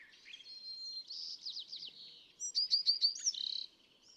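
California thrasher in song: a long warbled, slurred phrase followed by a louder rapid burst of repeated notes and a short rattle, over a faint hiss.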